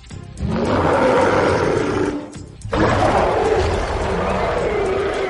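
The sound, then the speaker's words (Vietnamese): A male wild beast lets out two long, loud, rasping roars with a short break between them, a harsh, strained bellow of great pain after a bone knife is hurled at its eye. “Thú đực gầm rú vì quá mức đau đớn.”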